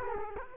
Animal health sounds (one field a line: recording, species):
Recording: mosquito wingbeat signal from an infrared sensor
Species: Culex quinquefasciatus